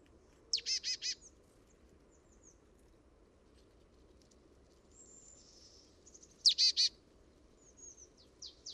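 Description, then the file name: Marsh tit calling, two bursts of three buzzy, rapid notes about six seconds apart, with faint thin high notes in between. "Poecile palustris"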